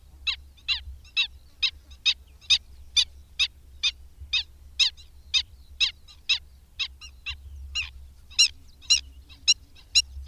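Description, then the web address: Black-winged stilt uttering a long, even series of sharp, nasal yelps, roughly two or three per second, with faint low hum in the background. "Madardalok Cd 3. Gólyatöcs"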